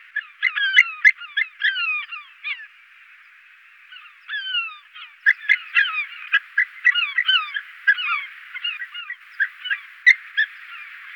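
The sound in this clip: White-tailed eagle yelping calls: sharp, sliding high notes in overlapping bursts, with a pause in the middle.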